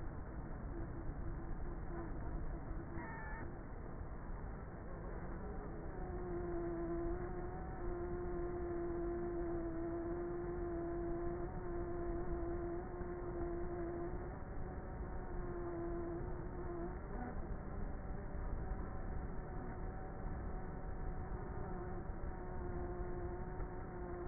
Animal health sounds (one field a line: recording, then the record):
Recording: honeybee colony, microphone inside the hive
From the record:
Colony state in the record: queenless with a low population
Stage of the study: before two queens were removed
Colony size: about 30,000 bees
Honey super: no